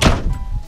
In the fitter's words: all you do is just slam it really nice and hard, and it locks in place.